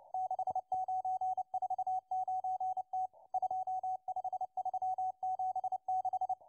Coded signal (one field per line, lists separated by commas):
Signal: Morse code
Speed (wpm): 29 wpm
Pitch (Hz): 750 Hz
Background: radio noise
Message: 6949T 25376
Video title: 11139kHz CW Russian Morse Number Station M12 (08.04.2024)